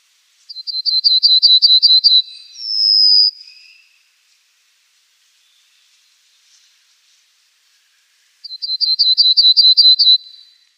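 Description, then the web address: Pine bunting singing a rapid string of high, sharp repeated notes closing with a thin slurred buzz, then a second strophe after a long pause. "Schulze Peter Pine Bunting"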